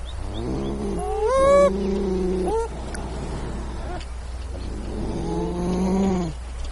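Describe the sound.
Beaver whining calls, nasal harmonic cries that rise sharply then hold a long steady tone, with a second drawn-out whine near the end over a steady low hum.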